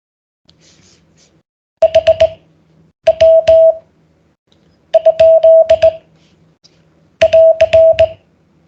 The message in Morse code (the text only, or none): HW? <AR>